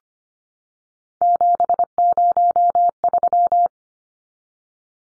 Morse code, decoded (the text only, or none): 703